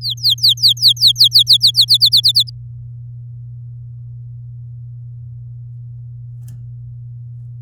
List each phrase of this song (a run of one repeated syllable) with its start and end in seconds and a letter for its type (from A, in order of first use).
0.01-1.85 A, 1.88-2.50 B